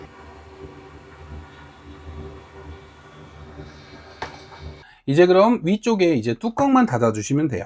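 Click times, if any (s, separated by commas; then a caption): none. A plastic top lid is being handled over the soldered battery and circuit of a DIY power bank case, meant to be closed until it clicks shut. A low background hum runs under the first five seconds with a brief sharp sound near 4.2 s, then someone talks. Nothing has seated or clicked yet.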